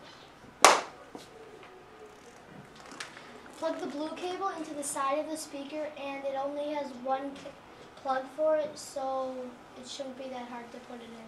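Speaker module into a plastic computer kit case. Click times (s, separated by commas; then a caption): 0.7 s. A small speaker module, its blue cable routed through a hole, is clipped into a plastic computer kit case, with a sharp click at 0.6 s showing it has seated. A few faint taps follow, then a child talks.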